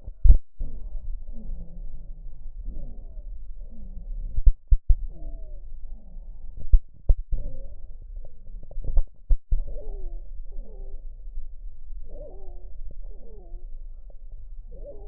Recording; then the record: lung sounds by stethoscope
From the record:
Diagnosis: chronic bronchitis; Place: left posterior upper chest